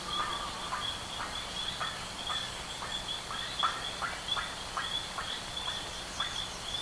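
Bird calls: fuzzy, rapid notes repeated about twice a second, blurred against a hissy background.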